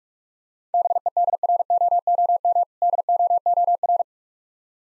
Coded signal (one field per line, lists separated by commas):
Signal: Morse code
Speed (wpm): 45 wpm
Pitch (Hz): 700 Hz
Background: none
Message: BEDROOM DOOR